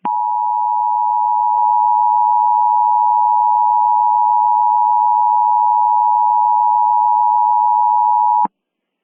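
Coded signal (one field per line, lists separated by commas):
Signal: Emergency Alert System (SAME) tones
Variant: 853 and 960 Hz attention tone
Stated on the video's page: Fictional EAS mock scenario using valid EAS tones.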